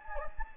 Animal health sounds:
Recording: mosquito wingbeat signal from an infrared sensor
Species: Anopheles gambiae

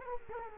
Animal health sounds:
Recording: mosquito wingbeat signal from an infrared sensor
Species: Culex quinquefasciatus

